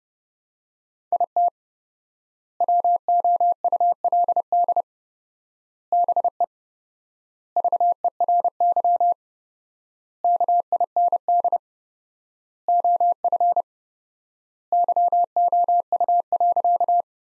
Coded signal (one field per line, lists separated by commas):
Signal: Morse code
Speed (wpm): 30 wpm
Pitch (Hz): 700 Hz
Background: none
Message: IT WOULD BE VERY KIND OF YOU.